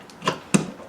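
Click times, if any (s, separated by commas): 0.5 s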